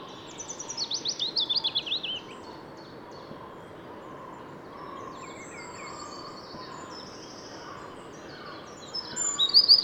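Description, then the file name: Eurasian wren: a loud, rapid, high trill sliding downward over about two seconds, then fainter high notes, with another loud burst of trilling at the very end. "Troglodytes troglodytes"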